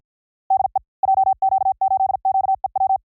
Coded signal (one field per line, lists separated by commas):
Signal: Morse code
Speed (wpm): 53 wpm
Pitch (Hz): 770 Hz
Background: none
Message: DE JQ8QEW